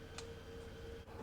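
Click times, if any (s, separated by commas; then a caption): 0.2 s. The back of a bird's head piece on a plastic alloy transforming robot toy is pushed into the back of the chest. One short, sharp tick at 0.2 s marks it snapping into place over a steady low background hum, and the piece is seated.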